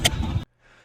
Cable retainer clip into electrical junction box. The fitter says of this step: the click of the retainer snapping into that junction box and you want to hear that to make sure that cables secure